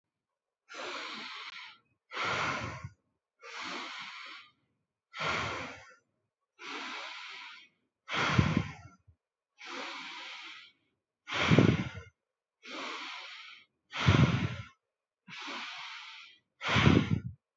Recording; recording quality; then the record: deep breathing; excellent, no background noise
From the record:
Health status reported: exposed to COVID-19, no respiratory illness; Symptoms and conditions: cold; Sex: male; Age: 22 years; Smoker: not ticked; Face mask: worn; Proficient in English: yes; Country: India